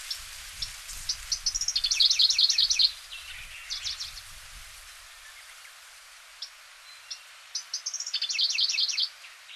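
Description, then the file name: Middendorff's grasshopper warbler delivering two rattling song phrases, each of stuttering chips accelerating into a quick repeated note series, over background noise. Recorded at Rishiri town on 22 June 2005. "shimasennyuu rishiricyou kaji"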